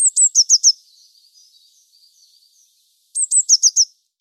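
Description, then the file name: Eurasian blue tit song: two phrases, each two high thin notes followed by a quick run of three lower, ringing notes, with faint soft twittering between phrases. "Cyanistes caeruleus"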